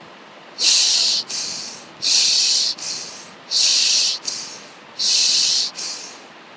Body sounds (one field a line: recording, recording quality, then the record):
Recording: shallow breathing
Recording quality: moderate, slight background noise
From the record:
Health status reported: exposed to COVID-19, no respiratory illness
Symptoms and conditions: none ticked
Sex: male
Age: 25 years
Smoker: yes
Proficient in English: yes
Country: India